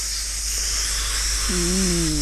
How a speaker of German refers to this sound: Statisches Geräusch. Genau.